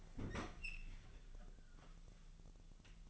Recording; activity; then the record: daily activity, microphone in the room; open fridge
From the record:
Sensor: 4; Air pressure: 1000.9 hPa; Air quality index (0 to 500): 126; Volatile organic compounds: 1 ppm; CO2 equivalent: 943 ppm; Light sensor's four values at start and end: 32/77/32/35 and 28/67/28/31